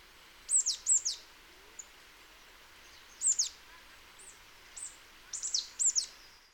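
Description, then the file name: Marsh tit calls: very high, quick downslurred notes in short clusters separated by pauses, with light background hiss. "Poecile palustris"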